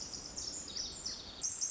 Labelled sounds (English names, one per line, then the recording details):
Pacific Wren
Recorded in Sonoma County, California